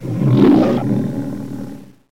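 Lion snarl: one harsh, throaty growling burst swelling quickly, then fading over about two seconds.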